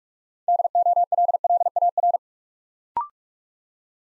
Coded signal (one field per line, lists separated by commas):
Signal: Morse code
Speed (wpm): 44 wpm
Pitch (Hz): 700 Hz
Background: none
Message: DOLLAR